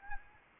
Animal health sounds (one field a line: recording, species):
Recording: mosquito wingbeat signal from an infrared sensor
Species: Anopheles arabiensis